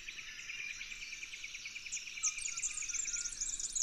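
Red-backed fairywren song, a high thin reeling trill growing louder in the second half, over a steady pulsed buzz.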